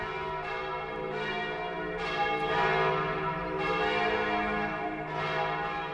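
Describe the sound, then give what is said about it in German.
The massive church bells of the Basilica of St. Francis peal through the lanes of a hill town and over a wide valley, calling to prayer, in a steady, overlapping sequence, each strike blooming into a rich, ringing hum of harmonics that never fully fades before the next. No voices are heard. “Dreimal am Tag hallen auch heute die mächtigen Kirchenglocken der Franziskusbasilika durch die Gassen der Hügelstadt und über das weite Tal.”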